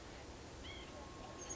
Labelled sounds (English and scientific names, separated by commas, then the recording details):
White-breasted Nuthatch (Sitta carolinensis)
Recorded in Sonoma County, California